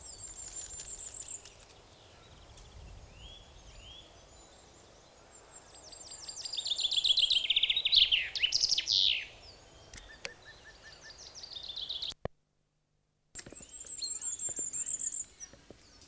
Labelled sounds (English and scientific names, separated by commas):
Common Chaffinch (Fringilla coelebs) song